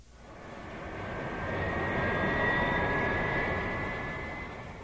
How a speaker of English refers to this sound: This is a plane. It's a Boeing. Is a Boeing a small French plane? No, it's not. Is it a big English plane? No, it's not.